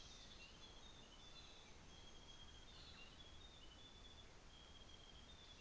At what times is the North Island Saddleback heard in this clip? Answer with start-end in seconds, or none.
none